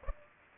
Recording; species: mosquito wingbeat signal from an infrared sensor; Aedes aegypti